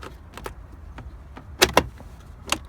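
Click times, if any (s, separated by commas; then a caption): none. A toothed plastic snap rivet trim piece is lined up and pushed toward the roll bar of a Jeep JK/JKU during a Cobra 75 WX ST CB radio installation. Soft plastic rustling is heard, with sharp ticks and knocks near 0.5, 1.8 and 2.5 seconds. The trim piece has not seated or clicked into the roll bar yet.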